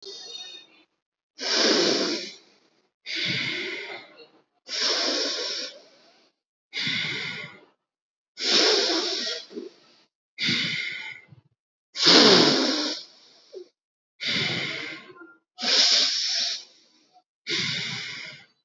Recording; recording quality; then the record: deep breathing; excellent, no background noise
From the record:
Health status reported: healthy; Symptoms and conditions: none ticked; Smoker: not ticked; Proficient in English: yes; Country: India